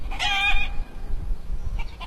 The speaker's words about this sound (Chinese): 走在陶棚村的山路上，可以听到远处农家院子里母鸡的叫声，四周群山环绕，植被茂密。